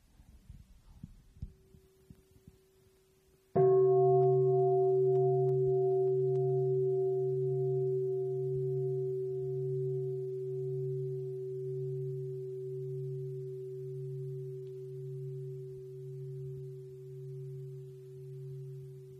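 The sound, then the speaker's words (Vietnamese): A single deep mindfulness bell strike during Buddhist practice rings out after a few seconds of faint low rumble, then sustains a long, humming resonance with a slow pulsing waver that fades gradually over about fifteen seconds. “Và mình có thể thực tập cái đó trong lúc mình nghe tiếng chuông.”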